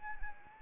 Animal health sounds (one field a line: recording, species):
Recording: mosquito wingbeat signal from an infrared sensor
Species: Anopheles arabiensis